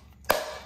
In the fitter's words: put it back into place and then put it back in and it snaps into place